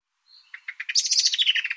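Bird song as a fast rattling trill. A thin high note leads into quick repeated chirps that speed up and blur together.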